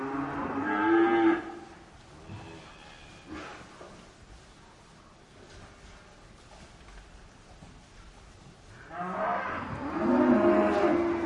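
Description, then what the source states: Cow mooing twice, a short low moo at the start and a longer, louder drawn-out moo near the end, with soft rustling between. Cow mooing in a barn.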